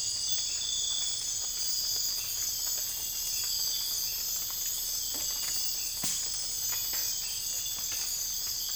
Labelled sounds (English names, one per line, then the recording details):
none
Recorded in dense forest near Puerto Asís, Putumayo, Colombia, on 21 December 2024 at 04:00
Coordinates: 0.484, -76.325
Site G056